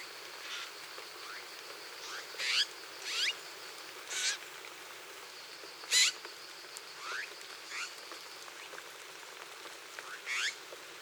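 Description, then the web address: Bird giving scattered short calls, some sharp chips and some quick upslurred notes, irregularly spaced over soft background hiss. Costa Rican cloud forest; several call examples including scolds, ending with contact calls at the roost. "Natures Songs N America Birds of the Costa Rican Cloud Forest"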